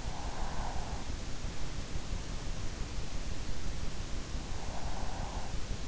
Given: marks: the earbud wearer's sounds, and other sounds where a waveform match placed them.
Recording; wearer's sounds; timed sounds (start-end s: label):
sounds in sleep by an in-ear microphone; breath
0.12-1.26 s: breath
4.40-5.88 s: breath